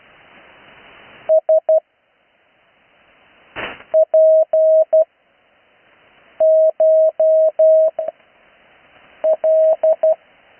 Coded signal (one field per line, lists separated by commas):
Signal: Morse code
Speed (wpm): 12 wpm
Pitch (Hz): 630 Hz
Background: radio noise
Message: S P CH L